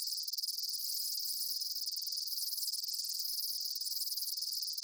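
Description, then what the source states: Insects in a shrill, even chorus of high trills, with a couple of deeper pulsing bursts. Summer afternoon in a field.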